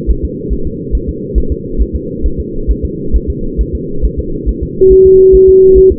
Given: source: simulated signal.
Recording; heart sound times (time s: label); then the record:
fetal heart sounds
0.11 s: S1
0.25 s: S2
0.53 s: S1
0.67 s: S2
0.95 s: S1
1.09 s: S2
1.38 s: S1
1.52 s: S2
1.82 s: S1
1.96 s: S2
2.26 s: S1
2.40 s: S2
2.71 s: S1
2.85 s: S2
3.16 s: S1
3.30 s: S2
3.61 s: S1
3.75 s: S2
4.05 s: S1
4.19 s: S2
4.49 s: S1
4.63 s: S2
4.93 s: S1
5.07 s: S2
5.35 s: S1
5.49 s: S2
5.78 s: S1
5.92 s: S2
From the record:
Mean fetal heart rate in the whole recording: 140 bpm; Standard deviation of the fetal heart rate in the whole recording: 2 bpm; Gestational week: 34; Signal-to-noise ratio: -8.1 dB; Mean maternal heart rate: 72 bpm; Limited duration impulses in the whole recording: present